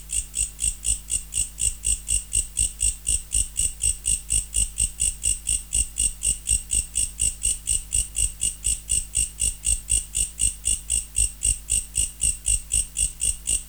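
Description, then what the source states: Mecopoda katydid producing a fast, unbroken series of buzzy pulses, about four per second, very regular throughout, with a low continuous hum underneath. Recorded in November.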